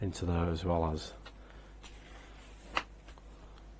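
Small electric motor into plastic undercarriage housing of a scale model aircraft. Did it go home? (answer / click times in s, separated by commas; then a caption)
yes / 2.8 s. Someone talks as a small electric motor is pushed into its plastic housing in the starboard undercarriage assembly of a Hachette Lancaster Bomber B III scale model. After a quiet pause, one sharp hit sounds at 2.8 s, followed by a few faint ticks. The motor is seated in the undercarriage housing.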